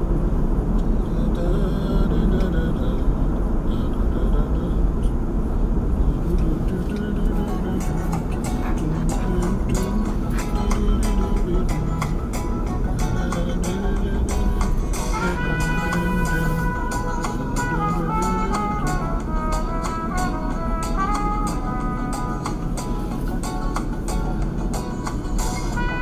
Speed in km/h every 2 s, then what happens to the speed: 55, 53, 55, 52, 48, 48, 47, 44, 44, 42, 44, 44, 44.
4-17 slows to 42. 17-26 steady at about 44.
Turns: none.